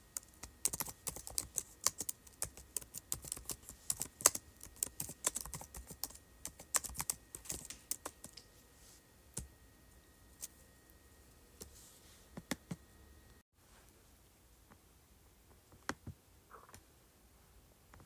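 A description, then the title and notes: Keyboard typing in dense, irregular bursts of sharp clicks for the first eight seconds, then sparser scattered clicks, with a faint steady tone underneath until about thirteen seconds. Clicking, Scrolling, and Typing on Keyboard.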